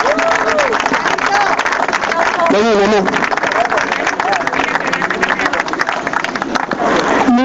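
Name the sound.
audience applause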